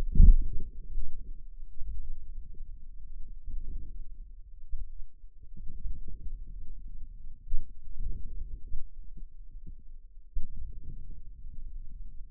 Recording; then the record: forearm muscle sounds (acoustic myography)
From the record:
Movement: outward rotation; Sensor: system 2, bracelet of six BSWA MPA416 microphones around the upper forearm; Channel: 2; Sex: male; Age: 22 years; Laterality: right